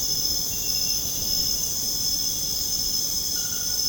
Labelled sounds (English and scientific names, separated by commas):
none